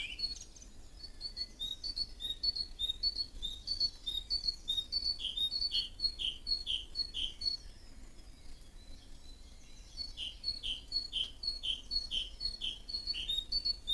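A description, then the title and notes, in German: Several kinds of birds call back and forth in a garden in the early morning. High, bright chirps and rapid repeated notes run almost continuously, with a dense burst of quick trills around the sixth second and again after the tenth. A low, soft rumble sits underneath throughout. Frühmorgendliche Vogelkonversation. Morgends gegen halb sechs in meinem Garten unterhalten sich die verschiedensten Vogelarten lauter miteinander als die Marktschreier auf dem Hamburger Fischmarkt.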